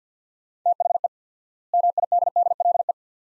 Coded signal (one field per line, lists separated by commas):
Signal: Morse code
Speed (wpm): 50 wpm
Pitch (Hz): 700 Hz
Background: none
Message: THE MIDDLE